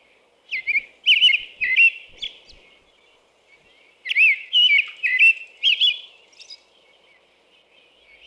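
American robin song: two bursts of rich whistled caroling phrases, rising and falling, separated by a pause of about a second and a half.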